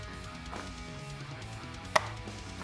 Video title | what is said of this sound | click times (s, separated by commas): EVERTUNE - INSTALAÇÃO, DICAS E CURIOSIDADES (Vídeo Longo) | Ó, a ponte encaixou certinho. | 2.0 s